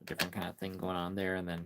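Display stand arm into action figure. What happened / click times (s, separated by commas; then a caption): The stand is handled but not yet seated; no locking click / none. A display stand arm with a peg is being handled toward a plastic FondJoy Superman (2025 Deluxe Edition) action figure while someone talks, with a few faint taps early in the clip. Nothing has seated or clicked into place yet.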